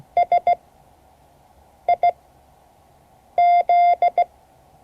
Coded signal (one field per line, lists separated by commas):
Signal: Morse code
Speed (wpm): 16 wpm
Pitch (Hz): 690 Hz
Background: none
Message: SIZ